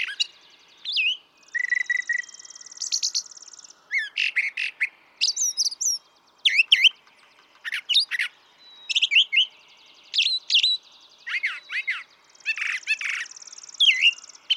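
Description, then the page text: Brown thrasher singing continuously, rapid chirps and slurred notes in short varied phrases, often doubled, with high buzzy trills early and late. Same male throughout, one of several selections totalling about three and a quarter hours; repertoire estimated at about 1300 songs, including imitations of other species. "Birdsong for the Curious Naturalist. Brown thrasher"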